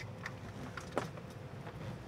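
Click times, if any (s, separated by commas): 1.0 s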